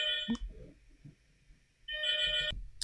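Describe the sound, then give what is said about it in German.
A phone ringtone trills in two bursts of steady, high-pitched electronic tones, moderately loud, separated by a short quiet gap with faint low rumbling and clicks. “Ja, kurzes Telefonat.”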